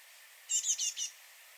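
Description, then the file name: Great tit call, a quick run of four high, buzzy chirps lasting about half a second, then quiet. "Parus major"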